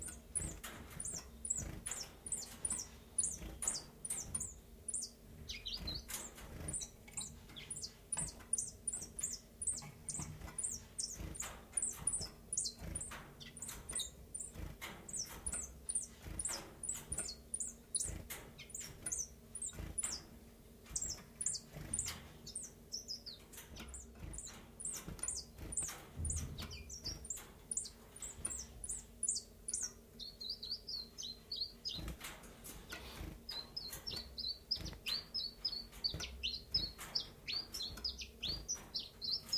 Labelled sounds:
Common Chiffchaff (Phylloscopus collybita)

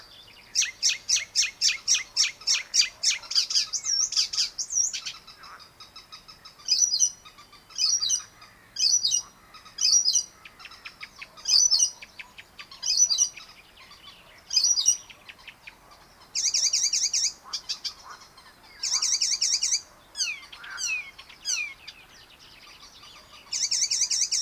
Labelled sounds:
Icterine Warbler (Hippolais icterina) song

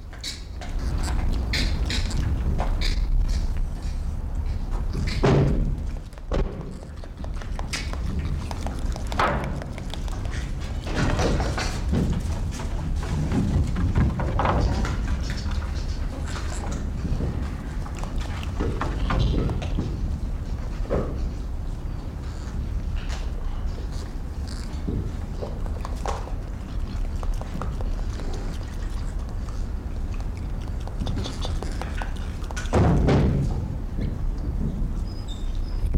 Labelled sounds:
Barbary Macaque (Macaca sylvanus)

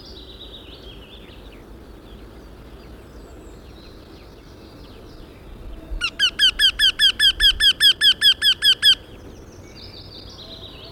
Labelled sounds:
Eurasian Wryneck (Jynx torquilla) call

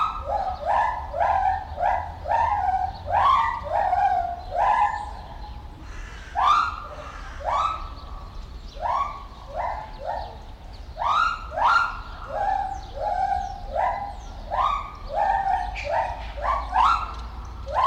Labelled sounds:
Lar Gibbon (Hylobates lar)

